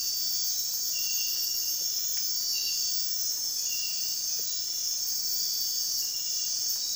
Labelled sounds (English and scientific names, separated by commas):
none